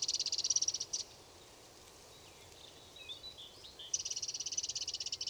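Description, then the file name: Eurasian wren giving a high, fast, buzzy trill for about a second, a quieter stretch with soft twittering notes, then another long rapid trill. "Troglodytes troglodytes"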